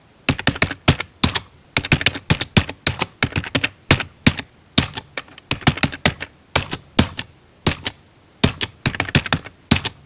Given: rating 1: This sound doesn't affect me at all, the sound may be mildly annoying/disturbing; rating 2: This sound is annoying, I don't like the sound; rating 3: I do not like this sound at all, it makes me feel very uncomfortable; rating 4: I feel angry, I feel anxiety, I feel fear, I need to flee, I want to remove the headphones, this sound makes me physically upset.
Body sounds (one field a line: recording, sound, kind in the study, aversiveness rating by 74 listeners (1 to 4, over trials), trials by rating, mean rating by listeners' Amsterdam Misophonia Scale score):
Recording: sound for misophonia research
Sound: keyboard typing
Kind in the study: misophonia trigger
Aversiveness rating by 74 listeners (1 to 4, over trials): mean 1.68, standard deviation 0.80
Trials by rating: 146 rated 1, 105 rated 2, 32 rated 3, 10 rated 4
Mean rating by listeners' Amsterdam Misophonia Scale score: 1.41 (sub-clinical, 0 to 4), 1.65 (mild, 5 to 9), 1.81 (moderate, 10 to 14), 2.38 (severe or extreme, 15 or more)